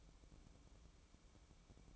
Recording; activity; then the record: daily activity, microphone in the room; light off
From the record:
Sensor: 1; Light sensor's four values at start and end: 11/26/10/12 and 11/26/10/12